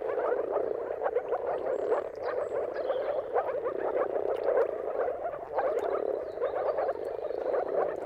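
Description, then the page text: Moor frog chorus, overlapping soft bubbling calls, with a faint high whistle now and then. Chorus of moor frogs giving mating calls at sunrise, at the turn of March and April, timing depending on the weather. "Jakub Orzecki moor frogs. Dawn’s Chorus: Mating Calls of Marsh Frogs at Sunrise. Depending on the weather at the turn of March and April, you can witness an amazing spectacle of moor frogs"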